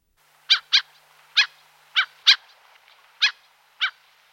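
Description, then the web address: Common gull giving several short, sharp, harsh call notes at irregular intervals. "Stormmage"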